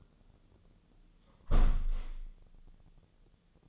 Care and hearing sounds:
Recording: daily activity, microphone in the room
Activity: close window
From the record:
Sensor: 4

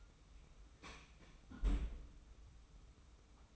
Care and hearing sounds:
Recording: daily activity, microphone in the room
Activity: close fridge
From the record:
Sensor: 1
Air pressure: 991.0 hPa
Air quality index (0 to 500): 110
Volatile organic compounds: 105 ppm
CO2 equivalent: 3786 ppm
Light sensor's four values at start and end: 24/56/24/26 and 24/56/24/26

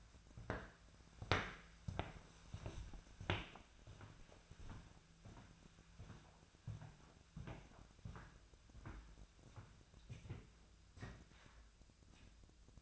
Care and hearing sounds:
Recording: daily activity, microphone in the room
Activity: walk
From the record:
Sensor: 2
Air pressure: 1008.1 hPa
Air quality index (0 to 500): 181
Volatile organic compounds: 10 ppm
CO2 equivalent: 2225 ppm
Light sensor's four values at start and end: 12/29/12/12 and 11/28/12/12

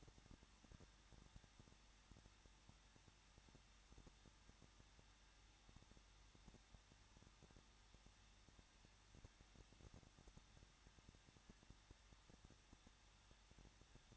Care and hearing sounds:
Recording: daily activity, microphone in the room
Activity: no activity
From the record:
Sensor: 3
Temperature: 21.2 degrees Celsius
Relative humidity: 36.3%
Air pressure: 1006.3 hPa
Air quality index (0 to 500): 222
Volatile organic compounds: 41 ppm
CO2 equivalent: 3167 ppm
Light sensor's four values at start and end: 2/3/2/2 and 2/3/2/2

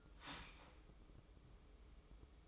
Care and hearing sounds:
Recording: daily activity, microphone in the room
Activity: start toaster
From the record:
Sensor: 1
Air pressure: 995.3 hPa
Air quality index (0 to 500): 25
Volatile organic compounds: 0 ppm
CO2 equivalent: 500 ppm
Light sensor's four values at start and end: 18/58/21/23 and 18/58/21/23

